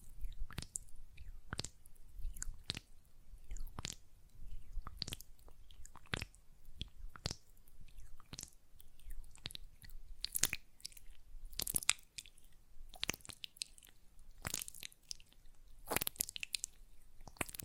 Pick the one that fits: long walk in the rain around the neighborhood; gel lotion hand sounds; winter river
gel lotion hand sounds